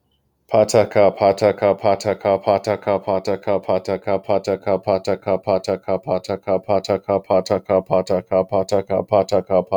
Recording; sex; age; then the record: repeated syllables /pa ta ka/; male; 20 to 29 years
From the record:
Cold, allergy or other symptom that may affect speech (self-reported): no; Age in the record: 28 years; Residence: Massachusetts, United States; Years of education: 16